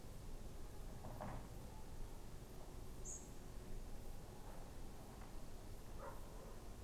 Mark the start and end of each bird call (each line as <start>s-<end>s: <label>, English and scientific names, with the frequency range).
3.04s-3.18s: European Pied Flycatcher (Ficedula hypoleuca) (6.0-8.9 kHz)